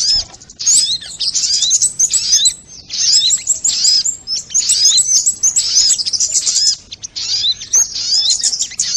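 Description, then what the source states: Crimson sunbird song: dense, very high twittering of thin rising and falling notes in rapid bursts, with short pauses between bursts. Song in the "labaik" style, from a training (masteran) recording.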